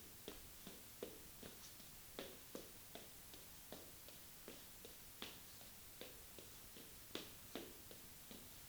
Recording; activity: daily activity, guitar pickup as the sensor; run